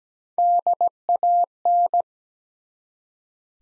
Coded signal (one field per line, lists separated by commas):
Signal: Morse code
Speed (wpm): 17 wpm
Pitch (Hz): 700 Hz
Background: none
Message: DAN